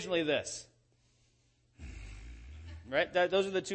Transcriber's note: growl